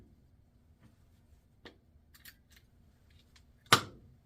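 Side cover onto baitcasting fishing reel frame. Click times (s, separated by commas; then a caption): 3.7 s. After the drag washers are replaced on a vintage 1987–1988 Ambassadeur 5500c/6500c baitcasting fishing reel with a two drag washer system, the side cover is fitted back onto the reel frame and pressed home. A few faint clicks and taps come at about 1.7, 2.2 and 3.4 seconds, then a loud, sharp snap at 3.7 seconds as the side cover seats in place.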